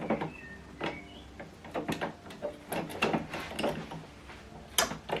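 A blue (cyan) plastic ink cartridge is pushed into the carriage slot of an HP OfficeJet 8015e printer, with soft plastic handling and rubbing sounds before it. A sharp click at 4.8 s marks the cartridge seating home.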